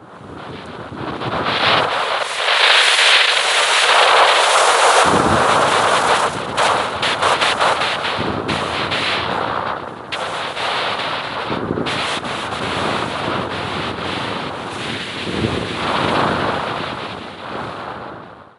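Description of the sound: Music processed to simulate hearing through a cochlear implant with 4 channels: a coarse, noisy, buzzing sound with smeared pitch, rhythmic bursts and broadband noise, lacking clear melody or low bass.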